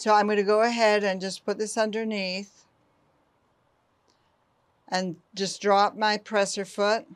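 Someone talks while placing a snap-on presser foot underneath the shank of a serger's presser bar and lining it up, followed by a quiet pause with only a faint tick around 4.1 s before the talking resumes. Nothing has seated or clicked yet, because the presser bar has not been dropped to snap the foot in.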